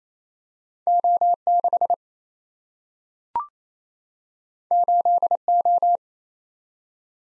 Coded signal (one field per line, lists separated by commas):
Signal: Morse code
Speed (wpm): 28 wpm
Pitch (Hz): 700 Hz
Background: none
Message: O6 8O